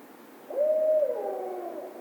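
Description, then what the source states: Barred owl hooting once: a steady mellow note that slides into a drawn-out, quavering tail, with little else audible. Recorded 16 March 2010.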